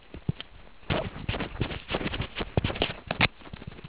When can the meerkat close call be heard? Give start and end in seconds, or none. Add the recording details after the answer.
0.93-1.03. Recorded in the Kuruman River Reserve, South Africa. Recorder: an audio tag on a meerkat's collar